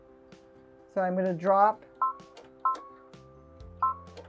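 A snap-on presser foot is being brought to the presser foot holder of a Brother BQ2500 sewing and quilting machine, with the presser foot lever about to be lowered so the shank drops onto it. Someone talks briefly over a steady background hum, followed by three short, bright beep-like tones. The foot has not snapped into place yet, and nothing has seated by the end of the clip.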